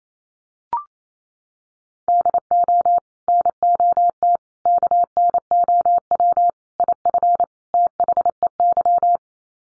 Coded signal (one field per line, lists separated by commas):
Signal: Morse code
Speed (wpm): 28 wpm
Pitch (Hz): 700 Hz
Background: none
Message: DO NOT KNOW IF THEY